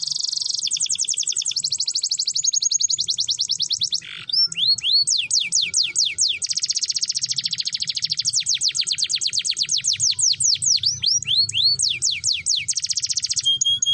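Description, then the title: Canary singing loud, rapid repeated trills of sharp downward sweeps, with a short break near four seconds, then continuing strings of ringing notes. Belgian canary song used to warm up canaries and stimulate them for mating. "Canto Para Esquentar Canário Belga. Pancingan Suara Kenari Kawin"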